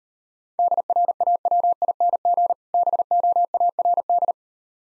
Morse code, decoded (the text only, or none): DRAWING BOARD